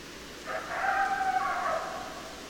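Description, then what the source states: Coyote howl: a single drawn-out tonal note that wavers slightly and fades near its end, about a second and a half long, with faint background hiss. Several coyotes, recorded 10 December 2012.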